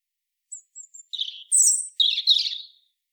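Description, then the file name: European robin song opening with three thin, very high whistles, followed by a tumbling, varied warble of squeaky and trilled notes in several bursts; quiet background. "Erithacus rubecula"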